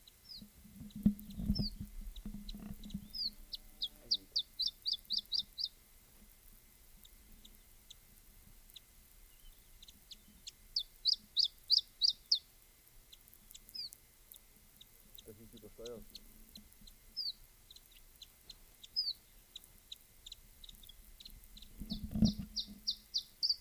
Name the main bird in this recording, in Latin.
Phylloscopus ibericus